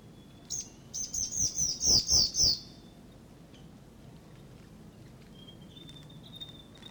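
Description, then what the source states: Whitehead territorial call: a rapid run of about eight high, sharp descending notes lasting roughly two seconds, followed by faint thin whistles. Male whitehead; territorial call.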